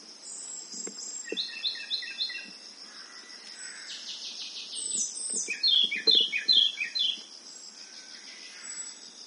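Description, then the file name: Japanese robin song: several bursts of fast trilled notes, with a steady high hiss throughout and a few low knocks. "akahige"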